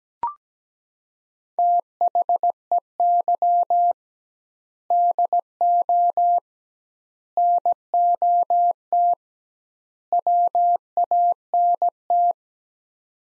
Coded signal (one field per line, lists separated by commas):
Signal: Morse code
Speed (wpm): 17 wpm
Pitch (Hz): 700 Hz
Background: none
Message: THEY DO NOT WANT